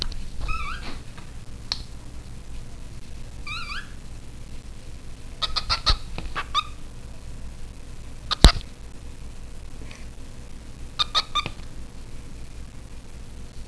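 Bird giving brief wavering whistled calls in small clusters, with several sharp knocks and clicks and a steady low rumble underneath.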